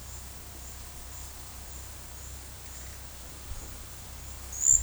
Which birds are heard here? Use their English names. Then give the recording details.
none. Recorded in dense forest near Puerto Asís, Putumayo, Colombia, on 21 February 2024 at 13:00. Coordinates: 0.487, -76.319. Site G6403